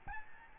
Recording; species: mosquito wingbeat signal from an infrared sensor; Aedes albopictus